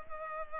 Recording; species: mosquito wingbeat signal from an infrared sensor; Culex pipiens